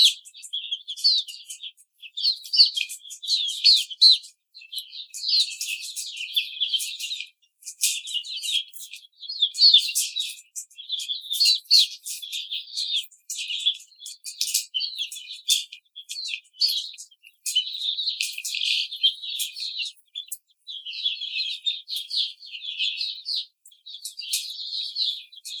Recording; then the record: young laying hens in a cage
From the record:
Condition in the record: treatment cage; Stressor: simulated dog barking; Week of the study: 5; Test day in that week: 1